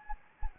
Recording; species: mosquito wingbeat signal from an infrared sensor; Anopheles gambiae